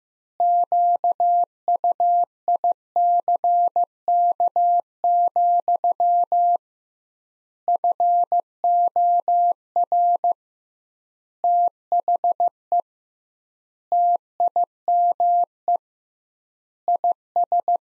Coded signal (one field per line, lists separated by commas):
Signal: Morse code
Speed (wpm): 15 wpm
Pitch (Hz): 700 Hz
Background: none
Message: QUICK, FOR THE TIME IS